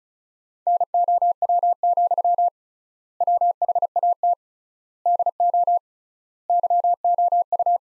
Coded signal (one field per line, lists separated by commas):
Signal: Morse code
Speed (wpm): 36 wpm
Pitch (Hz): 700 Hz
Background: none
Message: NOW, WHAT DO YOU